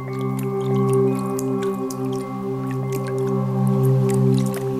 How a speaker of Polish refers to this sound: I to jest ten moment, gdy wodny element dźwiękowy powinniśmy zamienić w taki, który już na pierwszy rzut ucha kojarzy nam się ze spa.